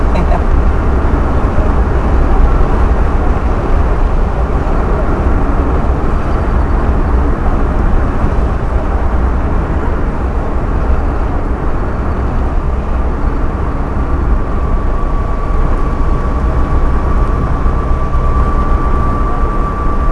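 Loud, continuous street traffic in a town in Ghana: a dense low rumble of engines that never lets up, with a thin, steady whine rising faintly out of the roar toward the end.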